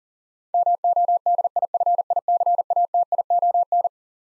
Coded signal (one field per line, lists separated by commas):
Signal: Morse code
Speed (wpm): 40 wpm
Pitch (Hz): 700 Hz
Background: none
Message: MODIFICATION